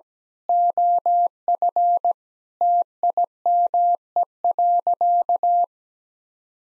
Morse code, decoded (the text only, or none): OF TIME.